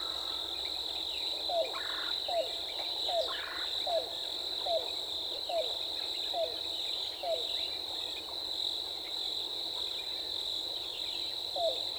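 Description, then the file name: Yellow-billed cuckoo call: a run of eight low, hollow notes, roughly one every three-quarters of a second, then a pause and one more, over a constant high insect drone. Recorded 14 April 2018. "2018-04-14 YBCU"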